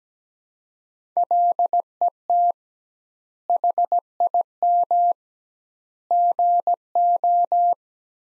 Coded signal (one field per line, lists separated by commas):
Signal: Morse code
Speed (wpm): 17 wpm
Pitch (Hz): 700 Hz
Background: none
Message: LET HIM GO